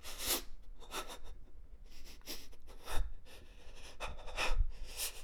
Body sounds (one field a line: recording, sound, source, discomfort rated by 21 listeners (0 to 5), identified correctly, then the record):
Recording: sound for misophonia research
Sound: human breathing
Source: oral or nasal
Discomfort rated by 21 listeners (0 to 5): mean 2.55, standard deviation 1.40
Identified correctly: in 41 of 42 trials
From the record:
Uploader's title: Breathing, panicked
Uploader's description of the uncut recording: A recording of panicked breathing. Perfect for scary stuff. Recorded with a Zoom H1.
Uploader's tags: panic, human, Breathing, breath, hyperventilation, horror, panicked, scary